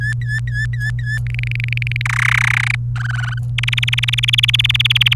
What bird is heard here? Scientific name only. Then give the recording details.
Serinus canaria. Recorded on 27 April 2018 at 16:09. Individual llb3